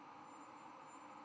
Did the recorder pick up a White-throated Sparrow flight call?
no